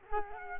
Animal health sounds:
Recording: mosquito wingbeat signal from an infrared sensor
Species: Culex quinquefasciatus

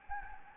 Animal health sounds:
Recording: mosquito wingbeat signal from an infrared sensor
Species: Anopheles gambiae

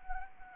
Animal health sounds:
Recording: mosquito wingbeat signal from an infrared sensor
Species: Anopheles arabiensis

